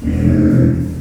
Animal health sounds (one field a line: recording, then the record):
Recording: squeal of a Yucatan mini pig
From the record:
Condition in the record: after surgery on the right vocal fold (resection and tissue-engineered implant)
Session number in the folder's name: 7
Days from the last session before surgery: 47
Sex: female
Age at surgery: 19 weeks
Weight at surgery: 25 kg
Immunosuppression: prednisolone